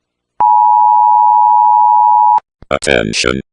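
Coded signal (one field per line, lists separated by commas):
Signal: Emergency Alert System (SAME) tones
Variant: 853 and 960 Hz attention tone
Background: speech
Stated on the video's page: Fictional EAS scenario, not a real alert.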